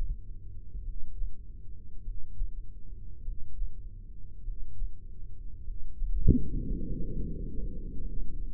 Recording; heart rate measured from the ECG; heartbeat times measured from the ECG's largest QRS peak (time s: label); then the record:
heart sounds by microphone in the right ear; 50 bpm
0.79 s: heartbeat
1.99 s: heartbeat
3.19 s: heartbeat
4.40 s: heartbeat
5.60 s: heartbeat
6.80 s: heartbeat
8.00 s: heartbeat
From the record:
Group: heart failure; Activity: breath hold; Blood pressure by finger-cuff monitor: 79/49 mmHg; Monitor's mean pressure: 58 mmHg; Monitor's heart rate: 50 bpm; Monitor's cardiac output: 3.6 L/min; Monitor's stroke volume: 72 mL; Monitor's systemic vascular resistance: 1120 dyn s/cm5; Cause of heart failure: dilated cardiomyopathy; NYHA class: 3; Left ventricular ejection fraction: 27%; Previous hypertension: present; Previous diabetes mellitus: present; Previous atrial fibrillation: present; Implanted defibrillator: present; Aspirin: present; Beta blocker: bisoprolol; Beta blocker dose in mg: 1.25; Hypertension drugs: sacubitril-valsartan, spironolactone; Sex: female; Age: 39 years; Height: 170 cm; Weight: 64 kg